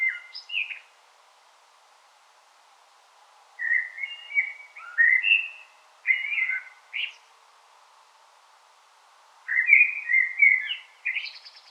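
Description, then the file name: Common blackbird song: three low, mellow warbled phrases, separated by pauses of a few seconds, each ending in a higher squeaky twitter. "Turdus merula"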